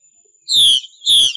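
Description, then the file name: Chinese hwamei song: two loud, rich whistled notes, each falling in pitch, separated by a brief pause. Female bird; 'mái xùy' call type. "Tieng chim hoa mi mai xuy"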